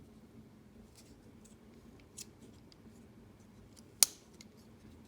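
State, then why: Seated. A pivot pin on a balisong trainer handle, during a Zippy Mod assembly on a Jimpy Tux trainer, is pushed through the first washer and snaps through at 4.0 s. A single loud, sharp click stands out above quiet background handling, with a few fainter ticks nearby. The pivot is seated through the washer and has yet to go through the blade.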